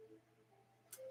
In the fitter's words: So you can hear it click.